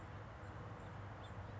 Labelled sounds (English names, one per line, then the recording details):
House Finch
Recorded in Sonoma County, California